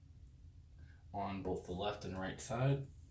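Someone talks while handling a SO-DIMM memory module for an HP15-f387wm laptop, inserted at an angle into the laptop memory slot, to be pushed down until the metal retaining clips on the left and right catch it. Only speech over a low background hum is heard, starting at about 1.1 s. The module has not seated or clicked yet.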